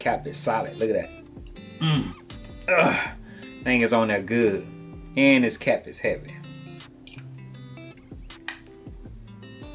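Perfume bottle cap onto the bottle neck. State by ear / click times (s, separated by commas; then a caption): seated / 8.5 s. Someone talks about a heavy perfume bottle cap while music plays, then pushes the cap back onto the fragrance bottle's neck. A sharp, loud click at 8.5 s marks the cap snapping into place, confirming it is seated.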